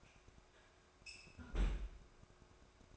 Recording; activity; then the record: daily activity, microphone in the room; close fridge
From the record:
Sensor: 2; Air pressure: 1004.4 hPa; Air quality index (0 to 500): 186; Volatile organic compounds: 10 ppm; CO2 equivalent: 2233 ppm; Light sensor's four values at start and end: 4/10/4/4 and 4/10/4/4